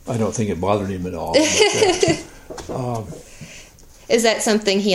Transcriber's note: laughter